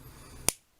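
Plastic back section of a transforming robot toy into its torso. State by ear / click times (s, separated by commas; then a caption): seated / 0.5 s. The collapsed plastic back section of a Transformers Titans Return Legends Class Seaspray toy is pressed into its torso during transformation. After a faint low background, one sharp, bright plastic snap lands at 0.5 s and quickly fades to quiet. The back section seats in place.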